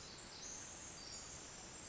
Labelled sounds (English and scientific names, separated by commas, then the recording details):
Pacific Wren (Troglodytes pacificus)
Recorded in Sonoma County, California